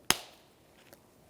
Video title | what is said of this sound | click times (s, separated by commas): How to Install TRQ Windshield Wiper Blades on Your Car or Truck | and your wiper blade will come with those two little loops and you're going to pop it down in until it clicks | 0.1 s